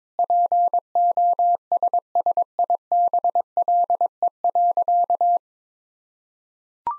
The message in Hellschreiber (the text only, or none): none